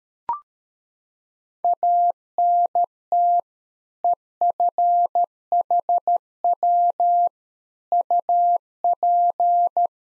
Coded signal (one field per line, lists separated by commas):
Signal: Morse code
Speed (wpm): 13 wpm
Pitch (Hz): 700 Hz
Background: none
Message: ANT EFHW UP